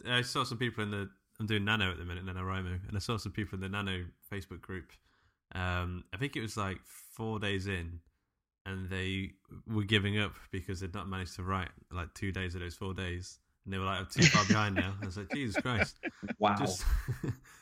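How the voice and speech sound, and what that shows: One adult man speaking conversationally at a fluent, ordinary pace with natural pauses; typical speech.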